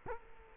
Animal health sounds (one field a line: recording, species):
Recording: mosquito wingbeat signal from an infrared sensor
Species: Culex quinquefasciatus